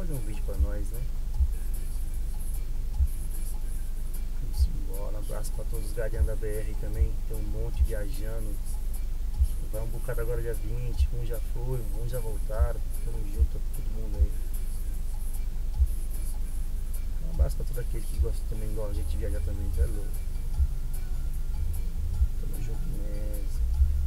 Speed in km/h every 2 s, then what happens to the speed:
0, 0, 0, 0, 0, 0, 0, 0, 0, 0, 0, 0.
0-24 standing.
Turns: none.